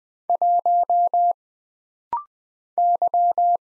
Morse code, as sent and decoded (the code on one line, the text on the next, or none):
.---- / -.--
1 Y